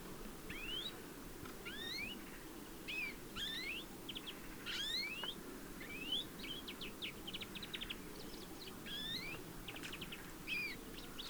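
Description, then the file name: European greenfinch calls: rising twangy slurred notes and short buzzy trills repeated throughout, against a steady low rumble. "Chloris chloris"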